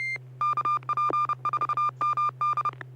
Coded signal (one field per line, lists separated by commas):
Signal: Morse code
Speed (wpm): 32 wpm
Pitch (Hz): 1200 Hz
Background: music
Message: KP4MD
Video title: N6NA SSTV Net - 02/14/2024